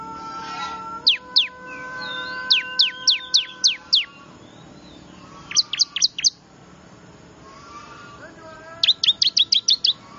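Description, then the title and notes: Bar-winged prinia calling: loud runs of sharp, falling chip notes in three series, with steady tonal whistles running underneath. Lure call to attract wild small birds, described as noisy; prinia known locally as ciblek, in Indonesian. "Suara Pikat Burcil Ribut Ngabisin Burung Liar Ini. ciblek"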